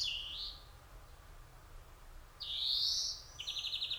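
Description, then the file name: European greenfinch giving a short rising note, then a long drawn-out wheezy call, followed by a quick burst of rapid chirps. "Chloris chloris"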